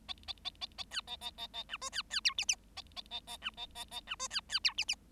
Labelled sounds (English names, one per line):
Bengalese Finch song